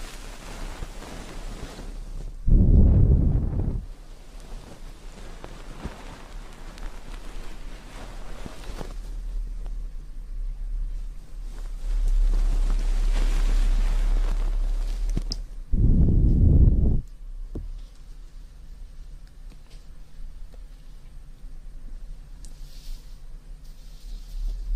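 Ear cleaning and massage water sounds: two loud muffled whooshes near 3 and 16 seconds, a softer swishing stretch between, otherwise quiet low rumble.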